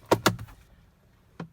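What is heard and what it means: A glovebox door on a Jeep Wrangler JL or Gladiator JT is closed into the dashboard after a cabin filter install. Two sharp, loud clicks ring out at 0.1 s and 0.3 s, followed by a fainter knock at 0.4 s and a lone tap at 1.4 s. The glovebox door latches shut and is seated.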